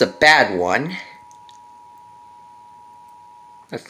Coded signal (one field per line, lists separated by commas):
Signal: Emergency Alert System (SAME) tones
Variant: 853 and 960 Hz attention tone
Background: speech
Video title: 2017 National EAS Test! (NPT, On DIRECTV)